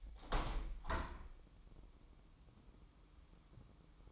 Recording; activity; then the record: daily activity, microphone in the room; open window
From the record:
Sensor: 1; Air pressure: 1006.4 hPa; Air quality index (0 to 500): 208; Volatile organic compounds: 23 ppm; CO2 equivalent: 2796 ppm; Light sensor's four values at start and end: 11/30/11/13 and 12/32/12/14